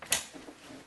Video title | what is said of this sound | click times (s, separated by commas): Unboxing Lenovo Thinkvision S22e-19 61C9KCR1US Monitor | Hear the click. You're done. | 0.1 s